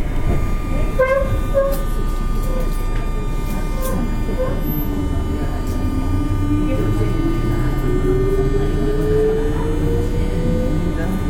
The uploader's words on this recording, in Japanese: JR西日本 201系 大阪環状線外回り 大阪から天王寺まで。It is running noise of 201 series trains of JR West Japan.I recorded on a local train at Osaka loop line.The section is from Osaka to Tennoji.JR西日本 201系電車の走行音です。